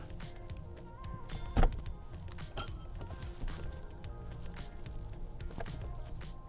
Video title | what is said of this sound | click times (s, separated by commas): Hands-On Review: Veritas Vans Starlink Mini Mount - Magnetic vs Suction Tested! | you basically pinch these two little nubs, but if you at least grab one of them, you can hear it pop. | 1.6 s